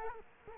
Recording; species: mosquito wingbeat signal from an infrared sensor; Culex quinquefasciatus